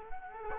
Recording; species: mosquito wingbeat signal from an infrared sensor; Culex quinquefasciatus